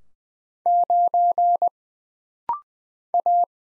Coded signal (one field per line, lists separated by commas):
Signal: Morse code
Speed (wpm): 20 wpm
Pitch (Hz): 700 Hz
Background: none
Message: 9 A